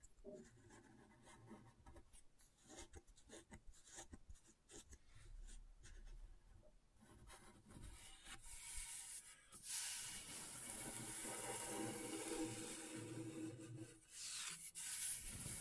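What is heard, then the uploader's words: Scratchboard being worked with a tool: for the first half, short separate scrapes and taps arrive in quick irregular bursts. After about nine seconds the scratching turns into a steady, dense, hissing scrape that carries on with slight swells, briefly dipping near fourteen seconds. ASMR Brain Tingling Scratchboard (No Talking).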